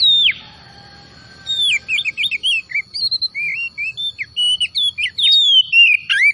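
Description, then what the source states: Oriental magpie-robin song: a long downslurred whistle, a pause, then a rapid varied run of sweet whistles, chirps and sharp slurred notes, with a steady high tone underneath. Singing vigorously, described as gacor; the bird is a kacer of the Tretes type.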